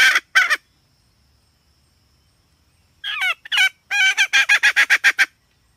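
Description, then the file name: Red junglefowl hen: two short clucks, a long silence, then harsh downslurred squawks and a quick burst of clucks. Female (hen). "tieng ga mai rung"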